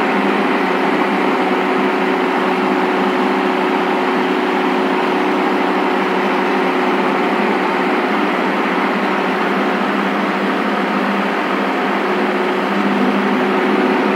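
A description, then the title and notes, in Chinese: An electric fan runs steadily, giving a dense, even whir with a faint motor hum underneath. The sound holds constant for the whole stretch, with no changes in speed or loudness and no other noises. 电风扇。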